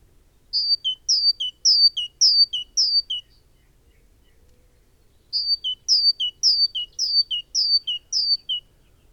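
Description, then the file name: Great tit song: a bright strophe of several two-note high-then-low phrases, a pause of silence, then a second matching strophe. "Parus major"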